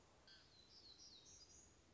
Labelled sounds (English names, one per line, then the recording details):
Black-throated Gray Warbler
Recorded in Sonoma County, California